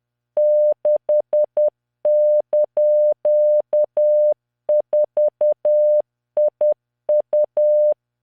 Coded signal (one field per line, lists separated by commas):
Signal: Morse code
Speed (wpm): 10 wpm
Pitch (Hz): 600 Hz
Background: none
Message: 6)4IU